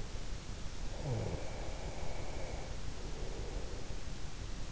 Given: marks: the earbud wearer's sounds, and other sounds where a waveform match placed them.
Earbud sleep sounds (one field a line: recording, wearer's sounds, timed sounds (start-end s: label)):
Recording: sounds in sleep by an in-ear microphone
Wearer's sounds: snoring breath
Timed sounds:
0.91-3.89 s: snoring breath